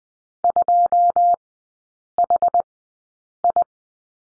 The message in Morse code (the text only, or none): 2HI